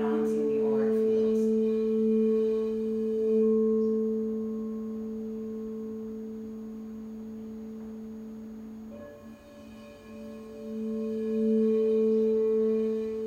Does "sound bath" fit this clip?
yes